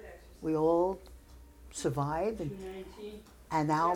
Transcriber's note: none